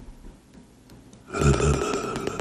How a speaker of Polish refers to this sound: To co szumi nad głową to jest wiatrak, zainstalowałem wiatrak, bez wiatraka się nie wyrobi, jest 107 Fahrenheitów, państwo sobie sprawdzi ile to jest w normalnych temperaturach celsjuszowych,